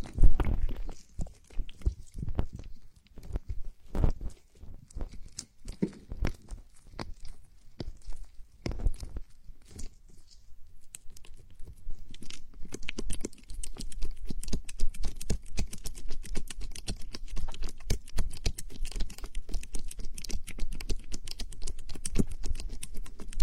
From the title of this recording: ear oil massages the ears